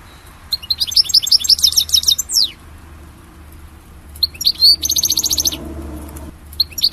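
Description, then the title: European goldfinch song: a rapid twittering phrase ending in a descending slur, then a buzzy trilled burst after a short pause. "Chant Chardonneret"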